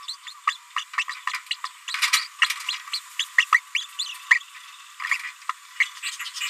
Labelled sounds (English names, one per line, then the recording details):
Green-rumped Parrotlet babbling
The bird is a female
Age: 30 days
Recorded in a nest box in Venezuela
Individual 17B73B2